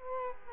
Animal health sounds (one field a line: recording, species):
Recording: mosquito wingbeat signal from an infrared sensor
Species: Culex quinquefasciatus